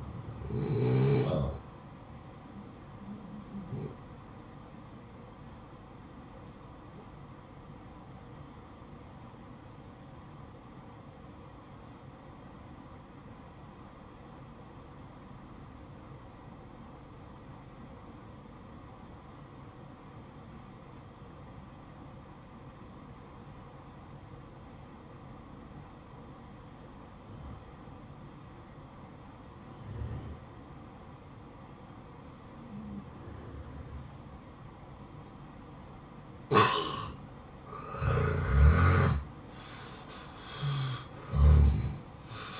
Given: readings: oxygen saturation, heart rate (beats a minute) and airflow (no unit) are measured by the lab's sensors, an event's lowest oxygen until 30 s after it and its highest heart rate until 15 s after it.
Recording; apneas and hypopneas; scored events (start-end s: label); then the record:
breathing in sleep by a smartphone at the bedside; 1
11.00-36.10 s: obstructive apnea (N1, oxygen 95% highest, then 88% lowest, heart rate 56 at the start, 65 highest)
From the record:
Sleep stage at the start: N1 (lightest sleep); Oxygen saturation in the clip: 88 to 95%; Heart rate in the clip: 56 to 63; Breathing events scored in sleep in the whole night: 573 in 9.8 hours asleep